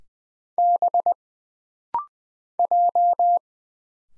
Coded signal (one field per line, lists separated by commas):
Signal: Morse code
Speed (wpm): 20 wpm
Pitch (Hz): 700 Hz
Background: none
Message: B J